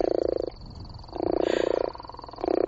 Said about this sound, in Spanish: Una rana, sí. Ay, sé que has acertado una. La rana Gopher. Es que es una especie concreta,